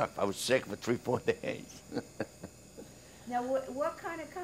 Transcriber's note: chuckles